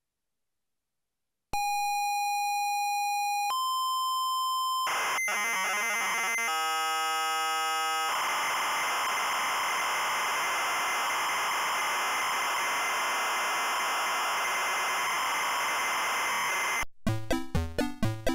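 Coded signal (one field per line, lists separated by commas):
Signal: ZX Spectrum tape loading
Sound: steady buzzy lead tone, a higher tone, warbling steps, then long harsh screeching data hiss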